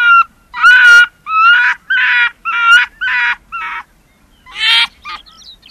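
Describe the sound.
Arctic fox calling in loud, hoarse yelps and barks, about eight bursts in quick, uneven succession with short gaps, otherwise near silence.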